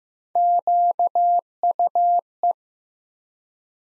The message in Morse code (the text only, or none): QUE